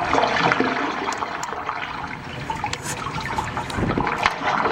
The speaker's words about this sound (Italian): Qui io sento dell'acqua che gorgoglia, sì.